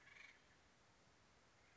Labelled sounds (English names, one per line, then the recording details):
Acorn Woodpecker
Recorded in Sonoma County, California